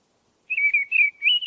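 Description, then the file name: Mistle thrush song: a single brief fluty phrase of slurred whistles, wavering then rising at the end, after half a second of quiet. "grive-draine-timo s"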